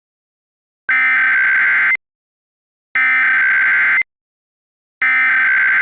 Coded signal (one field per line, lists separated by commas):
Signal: Emergency Alert System (SAME) tones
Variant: header bursts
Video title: This is sneak peek of new Collaboration EAS scenario with @kadendrawmaster312 and @AlesWorld240